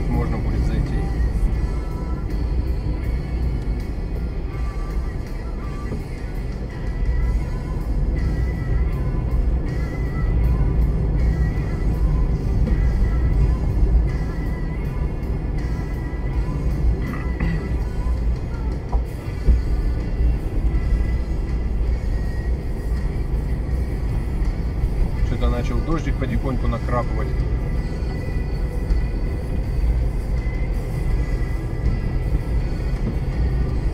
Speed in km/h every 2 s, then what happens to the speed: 48, 42, 39, 42, 48, 50, 51, 51, 49, 46, 46, 42, 42, 45, 43, 47, 50.
0-5 slows to 39. 5-11 speeds up to 51. 11-23 slows to 42. 23-34 speeds up to 50.